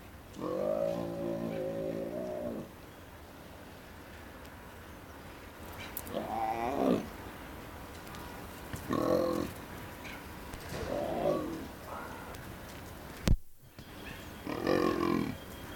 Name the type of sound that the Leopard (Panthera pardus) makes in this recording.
call